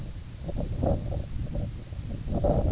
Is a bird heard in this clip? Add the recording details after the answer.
no. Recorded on Arctic tundra, site IGLO-A, on 19 June 2018. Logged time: 03:59